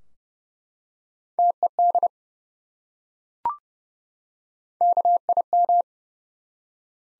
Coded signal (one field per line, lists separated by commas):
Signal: Morse code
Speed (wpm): 30 wpm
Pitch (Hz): 700 Hz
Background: none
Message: TED KIM